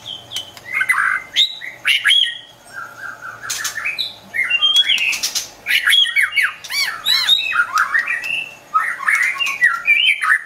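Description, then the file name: White-rumped shama song: a rich run of varied whistled slurs and bent notes mixed with harsh, buzzy bursts, delivered in quick, changing phrases with only brief pauses. Wild bird from a forest near Medan, singing actively (gacor). "suara burung murai batu hutan medan gacor"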